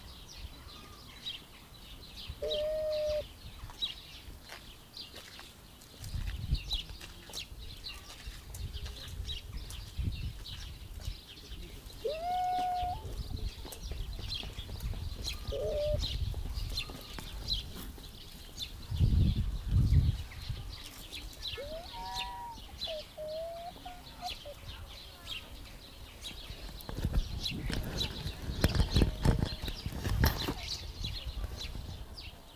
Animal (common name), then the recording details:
Raccoon Dog. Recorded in captivity. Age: adult. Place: Zoo Halle, Sachsen-Anhalt, DE. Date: 2001-04-09 17:00. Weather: fair, ca. 15°C. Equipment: Nagra SN, Kopie Uher 4000 Report Monitor. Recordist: Tembrock, Günter